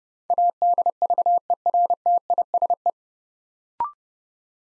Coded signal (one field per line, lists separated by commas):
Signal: Morse code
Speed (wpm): 30 wpm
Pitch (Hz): 700 Hz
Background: none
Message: ADVERTISE